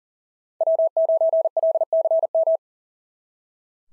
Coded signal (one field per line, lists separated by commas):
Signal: Morse code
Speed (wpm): 38 wpm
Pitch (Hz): 650 Hz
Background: none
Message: W9LCM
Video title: SOTA QSO Practice 40wpm